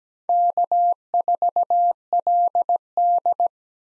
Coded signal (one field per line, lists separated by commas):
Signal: Morse code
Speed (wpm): 17 wpm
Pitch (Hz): 700 Hz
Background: none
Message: K4LD